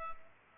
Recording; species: mosquito wingbeat signal from an infrared sensor; Culex pipiens